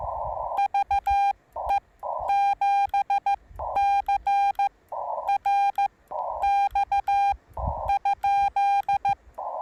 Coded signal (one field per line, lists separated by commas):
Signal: Morse code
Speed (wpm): 15 wpm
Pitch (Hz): 800 Hz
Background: none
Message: VE7CRX ?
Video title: Morse Code POTA Activation... In My Underwear?!?